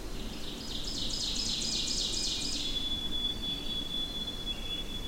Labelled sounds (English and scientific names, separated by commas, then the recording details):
Ovenbird (Seiurus aurocapilla) song
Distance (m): 40 m
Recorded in boreal forest in Alberta, Canada, on 25 June 2016 at 07:55
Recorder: SongMeter 3, array SBT-6-76
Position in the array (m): 17 m, 110 m
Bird 2